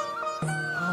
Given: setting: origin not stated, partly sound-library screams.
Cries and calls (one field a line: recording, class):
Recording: one-second piece from a danger detection set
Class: normal situation